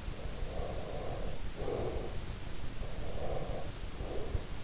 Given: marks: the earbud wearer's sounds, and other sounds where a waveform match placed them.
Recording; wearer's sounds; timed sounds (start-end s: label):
sounds in sleep by an in-ear microphone; breath
0.07-2.24 s: breath
2.76-4.56 s: breath